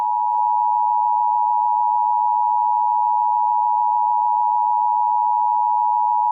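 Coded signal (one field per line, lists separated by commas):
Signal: Emergency Alert System (SAME) tones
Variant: 853 and 960 Hz attention tone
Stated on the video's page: Fictional EAS scenario set in Oklahoma City; simulated alert.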